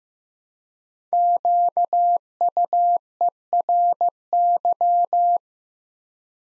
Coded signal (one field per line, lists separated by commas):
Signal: Morse code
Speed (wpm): 15 wpm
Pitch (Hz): 700 Hz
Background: none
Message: QUERY